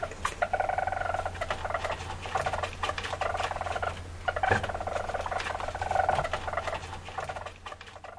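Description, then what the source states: Weasel chattering trills, continuous fast pulsed sound with short gaps and a sharp click midway, low hum throughout. Male.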